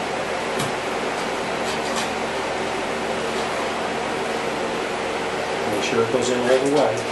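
A hood release cable end on a 1996–2000 Honda Civic is lined up in the release handle bracket, with the cable ball and retainer piece positioned before being pushed all the way home. Over a steady broadband hiss, someone talks. Nothing has snapped or seated yet in this stretch.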